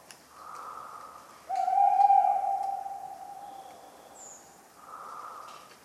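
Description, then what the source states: Tawny owl hoot, a long level mellow note that fades gradually, set between two soft breathy rushes of sound and a few light clicks. Talkative tawny owl on a cold autumn night, 11 November 1995, Ménigoute, France; acorns falling regularly; the recordist fell asleep, mixing his sleeping sounds with the owl.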